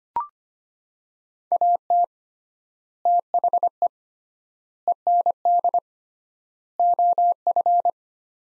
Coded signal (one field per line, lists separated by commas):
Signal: Morse code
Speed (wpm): 25 wpm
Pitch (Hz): 700 Hz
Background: none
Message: AT THE END OF